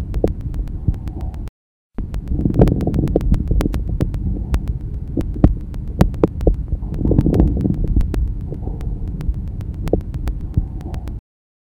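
Many brief popping clicks over low breath noise in an adult's lungs heard through a stethoscope: crackling rales (crackles), a sign of fluid or collapsed small airways reopening.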